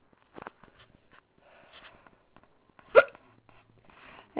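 Three sharp, sudden hiccups in about four seconds from an adult woman, with soft breath sounds between, part of a long, repeated hiccup bout.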